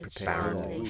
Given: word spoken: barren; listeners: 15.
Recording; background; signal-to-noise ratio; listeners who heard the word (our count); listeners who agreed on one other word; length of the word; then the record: one English word in noise, from a listening test; four-talker babble; 0.7 dB; 2 of 15; 6 of 15; 0.50 s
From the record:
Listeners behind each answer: 6, 2, 2, 1, 1, 1, 1, 1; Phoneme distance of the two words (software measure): 44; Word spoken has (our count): 2 syllables, 5 phonemes, stress on syllable 1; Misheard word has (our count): 2 syllables, 5 phonemes, stress on syllable 2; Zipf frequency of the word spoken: 3.40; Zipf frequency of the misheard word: 4.48